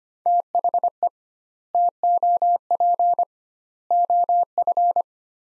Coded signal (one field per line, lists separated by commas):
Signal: Morse code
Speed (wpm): 25 wpm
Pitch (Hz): 700 Hz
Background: none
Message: THE TOP OF